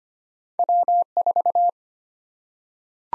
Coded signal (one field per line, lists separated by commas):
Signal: Morse code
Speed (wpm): 25 wpm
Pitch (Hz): 700 Hz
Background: none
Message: W4